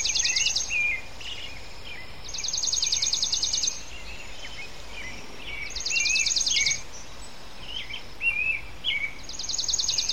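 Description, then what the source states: Birds chirping in short sharp notes, with bursts of a high buzzy pulsed trill repeating every few seconds over steady background noise. Recorded in a residential area of Port Perry.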